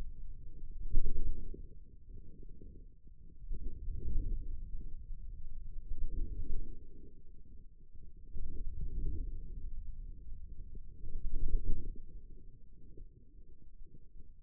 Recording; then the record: forearm muscle sounds (acoustic myography)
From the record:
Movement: wrist flexion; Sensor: system 2, bracelet of six BSWA MPA416 microphones around the upper forearm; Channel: 4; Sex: male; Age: 22 years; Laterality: right